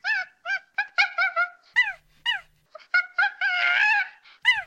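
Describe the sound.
Monkey giving a quick series of short, clear, arching whoops and squeals, about a dozen in under five seconds, with a rougher, noisier call near the end.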